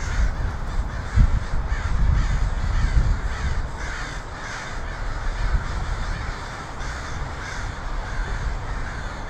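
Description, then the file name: Crows cawing in a dense, overlapping chorus of harsh calls, with a steady low rumble and a few louder thumps early on. Multiple crows recorded in Portland (PDX) on 23 October 2018. "pdx crows 2018-10-23"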